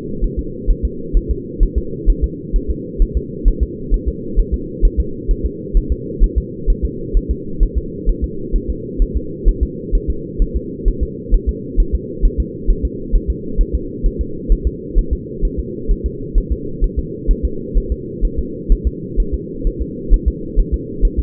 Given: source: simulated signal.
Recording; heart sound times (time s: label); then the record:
fetal heart sounds
0.24 s: S1
0.39 s: S2
0.70 s: S1
0.85 s: S2
1.17 s: S1
1.31 s: S2
1.63 s: S1
1.78 s: S2
2.09 s: S1
2.24 s: S2
2.56 s: S1
2.70 s: S2
3.02 s: S1
3.17 s: S2
3.48 s: S1
3.63 s: S2
3.94 s: S1
4.08 s: S2
4.39 s: S1
4.54 s: S2
4.85 s: S1
5.00 s: S2
5.31 s: S1
5.46 s: S2
5.77 s: S1
5.92 s: S2
6.24 s: S1
6.38 s: S2
6.70 s: S1
6.85 s: S2
7.17 s: S1
7.31 s: S2
7.63 s: S1
7.78 s: S2
8.09 s: S1
8.24 s: S2
8.56 s: S1
8.70 s: S2
9.02 s: S1
9.17 s: S2
9.48 s: S1
9.63 s: S2
9.95 s: S1
10.10 s: S2
10.42 s: S1
10.56 s: S2
10.88 s: S1
11.03 s: S2
11.34 s: S1
11.49 s: S2
11.80 s: S1
11.95 s: S2
12.25 s: S1
12.40 s: S2
12.70 s: S1
12.85 s: S2
13.15 s: S1
13.30 s: S2
13.61 s: S1
13.75 s: S2
14.06 s: S1
14.21 s: S2
14.52 s: S1
14.67 s: S2
14.98 s: S1
15.13 s: S2
15.45 s: S1
15.59 s: S2
15.91 s: S1
16.06 s: S2
16.38 s: S1
16.52 s: S2
16.84 s: S1
16.99 s: S2
17.31 s: S1
17.45 s: S2
17.77 s: S1
17.92 s: S2
18.25 s: S1
18.39 s: S2
18.72 s: S1
18.87 s: S2
19.20 s: S1
19.34 s: S2
19.67 s: S1
19.82 s: S2
20.14 s: S1
20.28 s: S2
20.59 s: S1
20.74 s: S2
21.05 s: S1
21.19 s: S2
From the record:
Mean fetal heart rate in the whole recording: 130 bpm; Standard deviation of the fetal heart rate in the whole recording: 2 bpm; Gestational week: 38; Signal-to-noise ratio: -4.3 dB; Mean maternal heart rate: 72 bpm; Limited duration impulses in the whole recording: absent